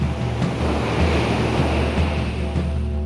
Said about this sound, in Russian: Тут же ударил серебряный владыка хвостом по морю, и сомкнулись высокие волны.